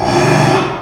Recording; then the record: squeal of a Yucatan mini pig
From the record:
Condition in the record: after surgery on the right vocal fold (resection and tissue-engineered implant); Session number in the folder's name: 3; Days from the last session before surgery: 33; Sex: male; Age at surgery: 12 weeks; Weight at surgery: 13 kg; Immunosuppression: cyclosporine, prednisolone